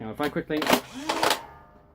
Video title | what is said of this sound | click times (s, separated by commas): Nerf Blaster - N-Strike Elite Infinus | that spring loading click that you hear at the end is the AL uh the same noise that you would hear | 1.2 s